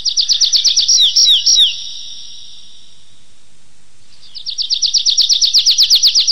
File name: lesnoj konek anthus trivialis